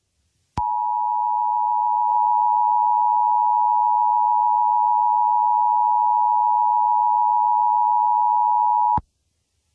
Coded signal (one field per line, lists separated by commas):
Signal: Emergency Alert System (SAME) tones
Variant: 853 and 960 Hz attention tone